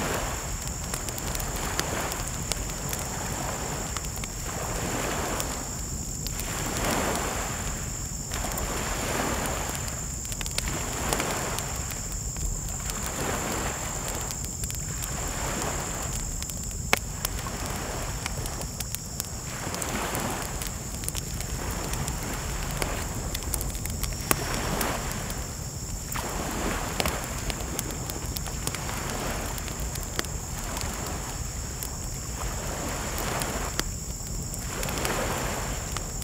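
A fire crackles densely and steadily, its sharp snaps scattered throughout. The sound swells and eases in a regular rhythm about every two seconds, over a low, constant rumble and a thin, high whine that holds for the whole clip.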